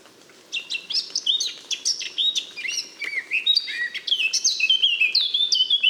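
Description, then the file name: Eurasian blackcap song, a long, fast warble of scratchy chatter turning into bright, clear whistles that rise and fall. "Sylvia atricapilla"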